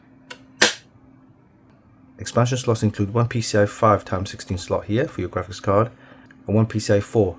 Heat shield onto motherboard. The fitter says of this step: Again, it's very easy to put the heat shield back on. You just line it up and you slot it in place with a nice click.